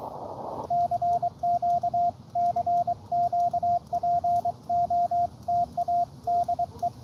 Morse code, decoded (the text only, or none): CQ CQ POTA DE